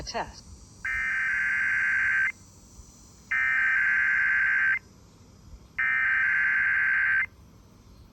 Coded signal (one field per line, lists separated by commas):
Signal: Emergency Alert System (SAME) tones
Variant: header bursts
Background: speech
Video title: KTJJ & KDBB Required Weekly Test. 9/1/25 EAS #486-487